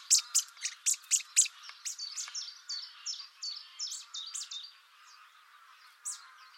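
Bird calls, a quick series of sharp high chips followed by a rapid string of descending notes, then one final chirp, over a hissing background.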